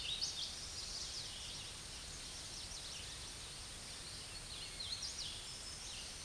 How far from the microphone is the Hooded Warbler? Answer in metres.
about 55 m